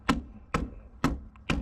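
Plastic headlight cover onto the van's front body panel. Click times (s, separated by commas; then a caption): 1.5 s. A plastic trim cover is pressed onto the headlight area of a Ram Promaster van's front body panel, giving sharp, loud hits at about 0.1, 0.6 and 1.0 seconds and a faint tick near 1.4 seconds. A final strong hit at 1.5 seconds is the cover snapping into place, seated.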